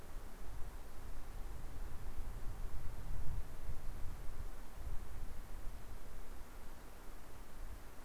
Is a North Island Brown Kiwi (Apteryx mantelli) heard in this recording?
no